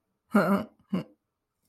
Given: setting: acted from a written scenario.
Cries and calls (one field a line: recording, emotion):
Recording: vocal sound without words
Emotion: pride